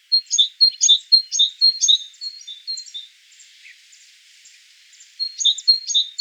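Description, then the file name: Great tit giving fast repeated high chirps in bursts, a quieter stretch in the middle, then the bright chirping series resumes near the end. "Parus major"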